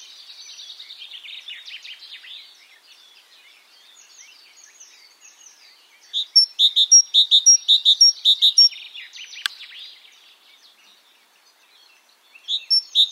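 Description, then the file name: Great tit: faint busy twittering at first, then a burst of about ten loud ringing notes, a single sharp click, and a few more notes at the end. "Parus major"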